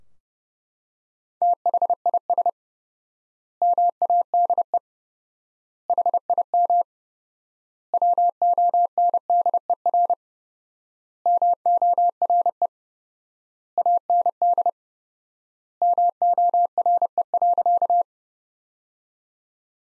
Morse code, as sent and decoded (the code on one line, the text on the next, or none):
- .... .. ... / -- .- -.. . / .... .. -- / .-- --- -. -.. . .-. / -- --- .-. . / .- -. -.. / -- --- .-. . .-.-.-
THIS MADE HIM WONDER MORE AND MORE.